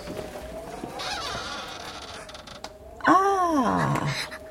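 A stiff, sticking door creaks open: a faint, wavering squeal first, then a loud, drawn-out groaning creak that bends up and down in pitch before fading.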